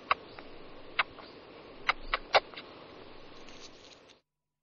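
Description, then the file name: Eurasian red squirrel making a handful of crisp clicks spaced unevenly over a soft hiss. "veverka obecna sciurus vulgaris"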